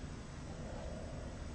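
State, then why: Not seated. A plastic inner cannula slides into a tracheostomy tube's outer cannula at the 6 o'clock position, ahead of a clockwise twist to lock it. Only a steady, broadband hiss with low rumble is heard, with no distinct transients. Nothing has clicked or locked yet.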